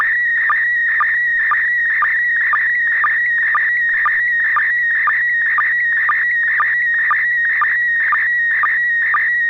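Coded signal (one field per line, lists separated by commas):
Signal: SSTV (slow-scan television)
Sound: steady warbling tone near 2 kHz, interrupted by short low blips about twice a second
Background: low steady hum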